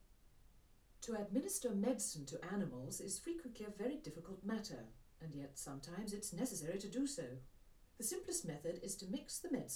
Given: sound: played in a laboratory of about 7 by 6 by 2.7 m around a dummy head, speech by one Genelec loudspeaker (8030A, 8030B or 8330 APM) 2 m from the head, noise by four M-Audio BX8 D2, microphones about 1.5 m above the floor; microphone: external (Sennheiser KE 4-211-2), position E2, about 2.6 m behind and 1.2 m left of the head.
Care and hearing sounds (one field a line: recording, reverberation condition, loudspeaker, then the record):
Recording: female speech in English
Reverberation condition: low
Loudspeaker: 30 degrees to the right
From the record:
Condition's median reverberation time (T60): about 310 ms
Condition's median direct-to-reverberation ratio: about 3.5 dB